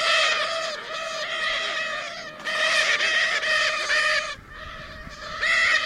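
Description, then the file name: Lear's macaw producing drawn-out, harsh croaking screeches, several in a row, then a short gap before a final loud squawk. "canto da arara azul de lear"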